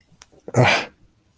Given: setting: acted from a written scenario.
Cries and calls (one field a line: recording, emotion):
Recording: vocal sound without words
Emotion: contempt